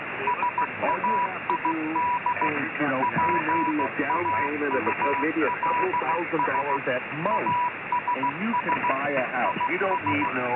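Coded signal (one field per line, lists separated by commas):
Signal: Morse code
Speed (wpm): 16 wpm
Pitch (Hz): 980 Hz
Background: speech, radio noise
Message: SAID PAULS ASS IS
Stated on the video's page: Morse heard on a live Yavapai County, Arizona scanner feed.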